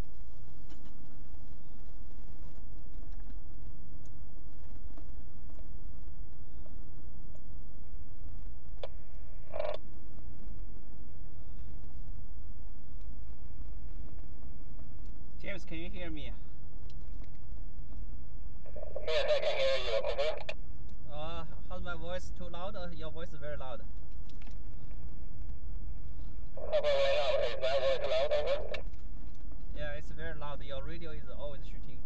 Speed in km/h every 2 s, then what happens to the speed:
13, 18, 21, 24, 24, 26, 24, 27, 29, 31, 31, 31, 31, 32, 32, 32.
0-32 speeds up to 32.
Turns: none.